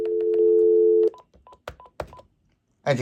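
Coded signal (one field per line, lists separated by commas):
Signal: none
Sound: a cordless phone's key beeps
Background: speech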